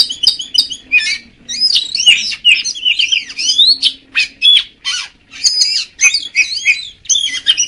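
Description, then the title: Magpie-robin singing a continuous, richly varied string of whistles, slurred rising notes and harsh chatters, with a steady low hum in the background. "Kacer"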